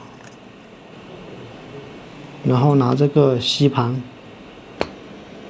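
Someone talks over a low steady hum, then a suction cup pulls the protective lens glass off a DJI Avatar 360 camera, releasing it with a sharp pop at 4.8 s. The glass comes off only after several tries.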